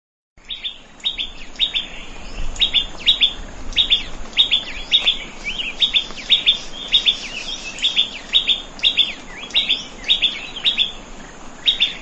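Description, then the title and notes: Prinia song: a steady series of sharp chirps repeated many times, with faint background hiss. "Prenjak Sawah. Suara Burung Prenjak"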